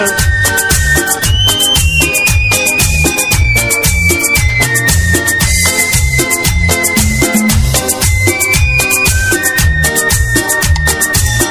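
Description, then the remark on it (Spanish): A man whistles a high, clear melody that glides in long held notes over loud, danceable music with a steady thumping beat and busy percussion. “Hombre que sabe silbar.”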